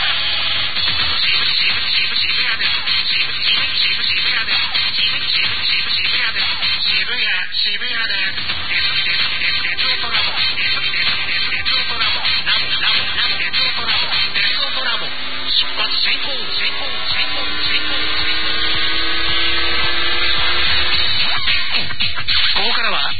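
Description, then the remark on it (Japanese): A train pulling into a station platform: a loud, steady mechanical rumble and buzzing whine, joined in the second half by layered electric motor tones that glide in pitch as it slows. “ラジオ第一番線に電車が参ります。 はい、電車到着です。お聞きください。”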